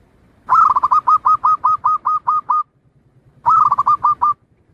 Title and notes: Kupulan Burung Perkutut. burung perkutut yang bisa digunakan untuk memaster